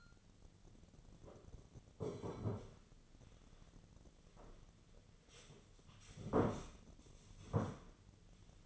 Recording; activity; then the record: daily activity, microphone in the room; sit down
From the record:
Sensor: 4